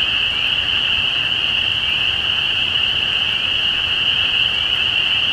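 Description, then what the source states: Spring peepers calling en masse, countless high peeps blending into a continuous piercing ring that holds steady for the whole stretch. Recorded at Easter 2017.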